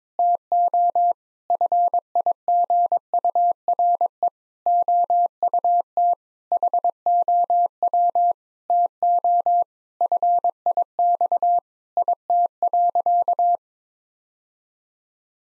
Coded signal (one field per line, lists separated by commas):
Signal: Morse code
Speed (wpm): 22 wpm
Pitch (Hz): 700 Hz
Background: none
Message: TO FIGURE OUT HOW TO FIX IT.